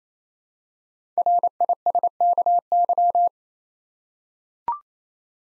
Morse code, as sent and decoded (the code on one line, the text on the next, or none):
.-. .. ... -.- -.--
RISKY